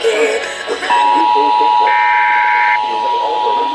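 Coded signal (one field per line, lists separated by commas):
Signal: Emergency Alert System (SAME) tones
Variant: 853 and 960 Hz attention tone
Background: speech, music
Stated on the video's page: Flash flood warning Emergency Alert System alert received on eight stations.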